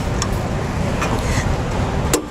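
A click-type torque wrench set to 75 ft-lb with a 15 mm socket tightens a steel mounting bolt for a Draw-Tite 75912 trailer hitch into a van frame over a steady low rumble, with a brief tick at 0.2 s. The wrench gives a sharp click at 2.1 s, confirming the bolt has reached its 75 ft-lb setting.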